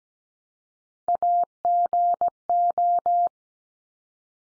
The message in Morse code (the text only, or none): AGO